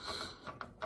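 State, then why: Not seated. A steel CV axle shaft on a 2008–2020 Grand Caravan or VW Routan is rocked and pushed into the transmission differential side gear so its retaining ring can snap in. A sharp mechanical hit sounds at 0.6 s amid softer metallic knocks around 0.5 s and 0.8 s. The shaft has not seated or clicked in yet.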